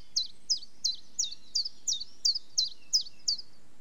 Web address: Complete 60 CDs Collection Sound Effects Library. Chiffchaff with distant bullfinch, wren, and sheep on slightly windy day